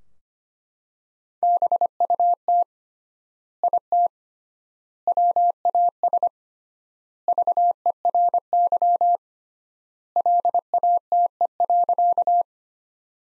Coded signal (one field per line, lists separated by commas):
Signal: Morse code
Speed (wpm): 25 wpm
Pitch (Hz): 700 Hz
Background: none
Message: BUT IT WAS VERY LATE.